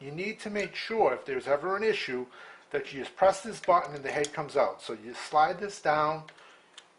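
Someone talks while handling the removable AC power receptacle head of an electronic scale, which is pressed out with a button and then slid down into its channel at the back so its contacts meet the rear contacts, making sure it is fully in so the AC adapter works. Only two faint ticks are heard near the end, at about 6.8 and 7.1 seconds. The clip ends before the head goes home, so nothing has seated or clicked yet.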